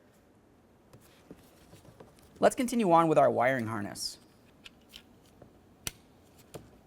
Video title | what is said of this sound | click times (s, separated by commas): How to Replace Passenger Power Window Switch 2004-2006 Scion xB | Listen for a click, give that a tug as well. | 5.9 s